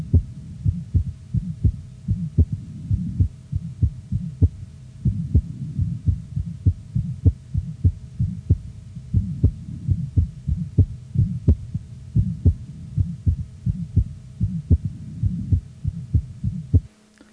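Rapid regular heartbeat of a toddler heard through a stethoscope, with a low humming murmur between beats: Still's murmur, a common harmless childhood murmur.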